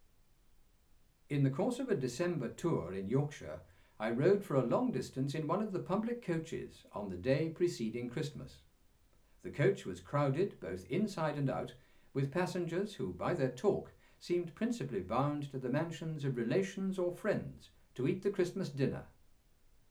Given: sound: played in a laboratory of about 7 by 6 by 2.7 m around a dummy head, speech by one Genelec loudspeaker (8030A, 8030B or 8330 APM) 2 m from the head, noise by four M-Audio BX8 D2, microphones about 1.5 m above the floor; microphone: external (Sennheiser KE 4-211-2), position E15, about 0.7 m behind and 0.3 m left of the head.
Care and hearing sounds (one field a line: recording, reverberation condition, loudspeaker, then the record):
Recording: male speech in English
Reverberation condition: low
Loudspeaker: 90 degrees to the left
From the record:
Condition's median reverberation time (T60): about 310 ms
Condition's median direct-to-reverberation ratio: about 3.5 dB